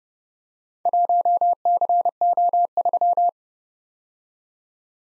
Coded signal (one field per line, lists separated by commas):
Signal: Morse code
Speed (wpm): 30 wpm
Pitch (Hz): 700 Hz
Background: none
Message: 1CO3